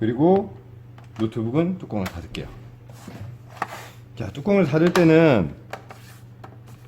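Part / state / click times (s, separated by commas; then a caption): plastic bottom cover clips into the laptop chassis / seated / 5.7 s, 5.9 s, 6.4 s. A plastic bottom cover is put back on an LG 15UD480 laptop during an upgrade and pressed down so its snap clips engage with the chassis, while someone talks. Sharp clicks are heard at 5.7 s, 5.9 s and 6.4 s as the clips snap into place and the cover seats.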